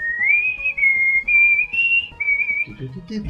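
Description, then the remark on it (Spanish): A single person whistles a short melodic theme tune, a clear bright line that rises and steps through several sustained notes, ending with a brief rustle of low noise. “que estamos tan faltos de presupuesto que a puro chiflido de nuestra banda sonora.”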